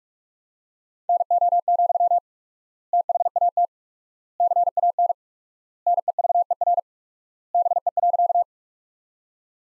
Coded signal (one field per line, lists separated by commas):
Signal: Morse code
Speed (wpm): 43 wpm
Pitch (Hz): 700 Hz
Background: none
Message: NO, THAT CAN NEVER BE.